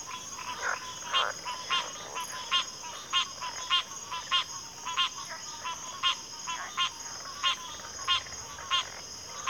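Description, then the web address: Cricket chorus with a continuous shrill high drone and evenly spaced pulsed chirps repeating roughly every half second throughout. Cricket chorus recorded at a backwater. "Natures Songs Sleep Sounds of Nature CRICKETS Backwater Chorus"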